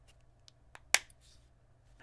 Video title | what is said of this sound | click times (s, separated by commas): i Blason Galaxy S23 Plus Armorbox Case Review | And it very easily stows away with a little click. | 0.9 s